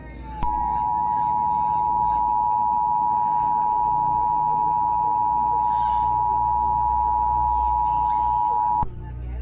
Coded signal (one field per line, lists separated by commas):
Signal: Emergency Alert System (SAME) tones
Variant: 853 and 960 Hz attention tone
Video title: EAS Scenario | The Skynet dorminoters / odors (MOCK) 8/9/1997 8.43